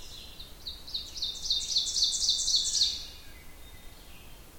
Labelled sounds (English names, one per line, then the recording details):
Ovenbird song
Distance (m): 25 m
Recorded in boreal forest in Alberta, Canada, on 27 June 2016 at 08:11
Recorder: SongMeter 3, array SBT-6-79
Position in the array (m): 91 m, 208 m
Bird 41